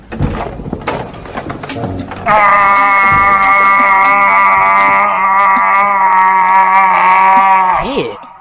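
After a couple of seconds of soft clatter, a strange alarm clock's loud, shrill scream holds one steady wailing pitch for about five seconds, then cuts off with a quick downward swoop.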